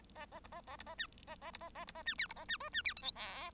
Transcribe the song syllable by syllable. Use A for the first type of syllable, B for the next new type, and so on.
A A B A A B A C A A B A A B A C D B A C E C D F G H